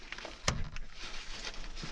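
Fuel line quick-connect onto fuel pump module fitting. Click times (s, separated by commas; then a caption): 0.5 s. An upper fuel line quick-connect fitting is pushed onto the fitting of the fuel pump module, the horizontal fuel conditioning module (HFCM) on a Ford 6.0. A sharp click is heard at 0.5 s, with fainter taps around it over low background noise. The quick-connect is seated.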